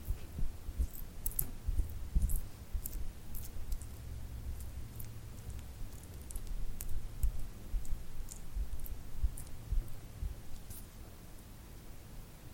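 Hand sounds from glue-covered hands: sticky peeling and crackling with frequent tiny bright clicks and snaps scattered irregularly through the clip, clustered most densely in the first three seconds. Underneath runs a soft low rumble and faint rustling throughout, fairly quiet overall.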